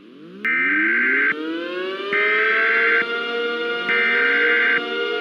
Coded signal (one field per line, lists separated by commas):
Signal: Emergency Alert System (SAME) tones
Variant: header bursts